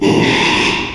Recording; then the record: squeal of a Yucatan mini pig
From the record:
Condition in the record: after surgery on the right vocal fold (resection and tissue-engineered implant); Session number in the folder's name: 1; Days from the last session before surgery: 6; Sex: male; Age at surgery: 12 weeks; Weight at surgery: 13 kg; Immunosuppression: cyclosporine, prednisolone